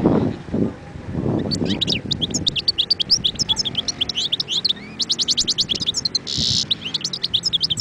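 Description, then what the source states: European goldfinch song, a fast tinkling twitter of high chirps and buzzy trills running for about six seconds after a stretch of low rumbling noise. Wild bird.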